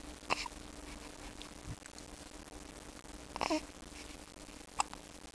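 Three brief, sharp, slightly voiced hiccups from an infant in about five seconds, irregularly spaced, over a steady low hum. Infant hiccups are a common, harmless reflex.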